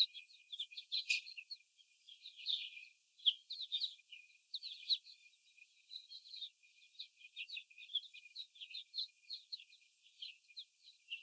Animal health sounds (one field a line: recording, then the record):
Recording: young laying hens in a cage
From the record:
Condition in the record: after the stressor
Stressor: simulated dog barking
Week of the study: 4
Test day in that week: 3